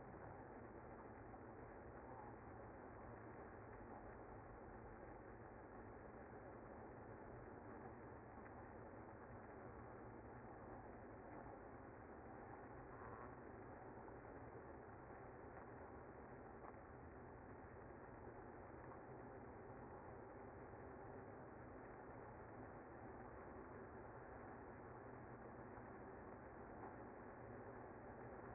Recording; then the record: honeybee colony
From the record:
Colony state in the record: active